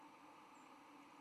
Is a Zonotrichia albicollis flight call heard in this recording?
yes